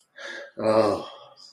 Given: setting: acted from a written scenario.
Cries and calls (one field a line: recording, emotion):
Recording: vocal sound without words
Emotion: embarrassment